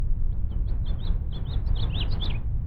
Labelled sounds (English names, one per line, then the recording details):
House Finch song
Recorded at WGilgo Beach on Long Island, New York, on 22 May 1975
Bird F